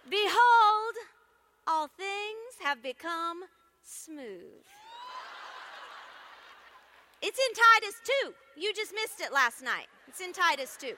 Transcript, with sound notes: behold, all things have become smooth. (laughter) It’s in Titus 2. You just missed it last night. It’s in Titus 2.